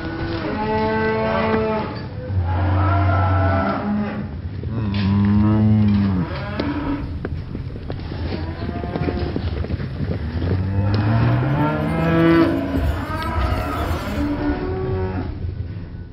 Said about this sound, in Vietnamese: tiếng vó dẫm xuống đất nghe mà điếc cả tai, thần hồn run rẩy. Bọn tôi vội vàng bị chặt hai lỗ tay lại, cũng không biết bao lâu sau đàn bò kêu giống thảm thiết ấy mới xông hết qua cái rãnh.